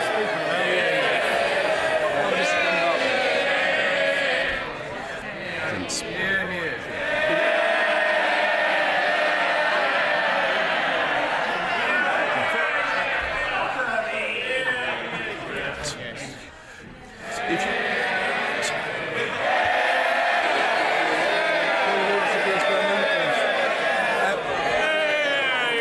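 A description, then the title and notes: Many voices talk at once between the speeches, a dense, steady murmur of overlapping conversation with some men's voices standing out. The chatter dips briefly around five seconds and again near sixteen to seventeen seconds, then swells back to full level. House of Commons gather for an indicative vote on 8 alternative plans. This is the sound between the speeches.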